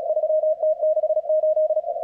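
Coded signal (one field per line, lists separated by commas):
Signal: Morse code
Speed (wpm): 36 wpm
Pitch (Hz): 620 Hz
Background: radio noise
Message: 3T68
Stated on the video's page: CWops CWT on the Fourth of July.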